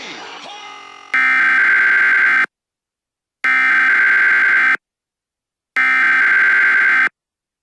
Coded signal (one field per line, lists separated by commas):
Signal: Emergency Alert System (SAME) tones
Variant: header bursts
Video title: NASCAR Talladega Fall 2023 finish gets interrupted by the emergency alert system